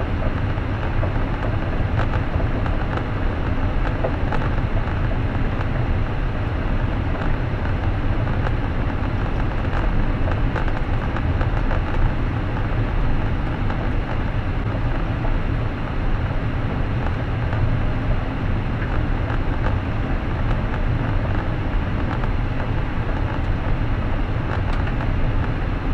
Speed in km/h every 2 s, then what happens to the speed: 61, 62, 61, 61, 61, 61, 62, 61, 62, 62, 62, 62, 62.
0-26 steady at about 62.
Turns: none.